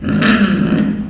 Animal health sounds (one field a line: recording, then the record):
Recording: squeal of a Yucatan mini pig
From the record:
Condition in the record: after surgery on the right vocal fold (resection and tissue-engineered implant)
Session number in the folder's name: 6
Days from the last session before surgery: 40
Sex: female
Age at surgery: 19 weeks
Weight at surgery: 25 kg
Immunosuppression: prednisolone